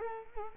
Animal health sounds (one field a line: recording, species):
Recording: mosquito wingbeat signal from an infrared sensor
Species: Culex quinquefasciatus